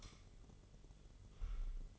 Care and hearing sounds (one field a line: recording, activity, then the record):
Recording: daily activity, microphone in the room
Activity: light off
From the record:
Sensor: 4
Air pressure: 1008.7 hPa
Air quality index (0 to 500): 98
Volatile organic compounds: 1 ppm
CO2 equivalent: 738 ppm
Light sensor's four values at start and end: 12/27/11/10 and 11/25/10/9